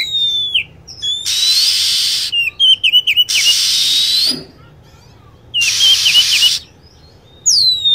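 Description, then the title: Lovebird calls: quick bursts of high, piercing chirps and down-slurred whistles, alternating with loud stretches of hiss-like noise and quieter gaps. Lure sound for attracting birds. "PIKAT BURUNG LOVEBIRD"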